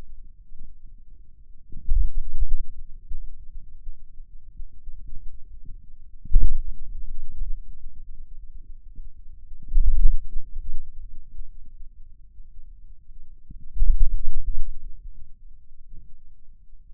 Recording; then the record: forearm muscle sounds (acoustic myography)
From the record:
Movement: ulnar deviation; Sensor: system 2, bracelet of six BSWA MPA416 microphones around the upper forearm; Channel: 5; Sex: male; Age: 22 years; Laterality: right